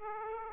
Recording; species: mosquito wingbeat signal from an infrared sensor; Aedes aegypti